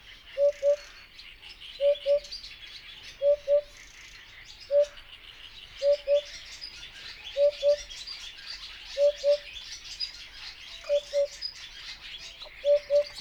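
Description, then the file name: Eurasian hoopoe giving soft, low hollow hoots, mostly in pairs, repeated about every one and a half to two seconds, over a busy background of high-pitched chattering birds. Subspecies epops, recorded at Yekpyndy, Kazakhstan, on 26 May 2011. "ehoop-epops-S eroll-semenowi-CON kz yekpyndy MS"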